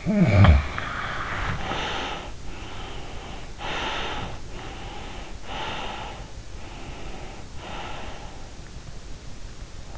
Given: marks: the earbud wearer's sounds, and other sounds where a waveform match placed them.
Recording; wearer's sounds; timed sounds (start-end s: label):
sounds in sleep by an in-ear microphone; snoring breath, breath
0.00-2.23 s: snoring breath
2.40-4.43 s: breath
4.60-6.39 s: breath
6.68-8.47 s: breath